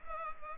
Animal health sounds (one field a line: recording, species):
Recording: mosquito wingbeat signal from an infrared sensor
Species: Culex pipiens